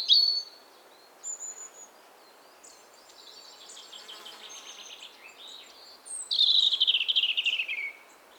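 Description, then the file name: European robin song: a sharp high note and faint scattered twitters, then a loud, shimmering phrase that slides steadily downward. "Erithacus rubecula"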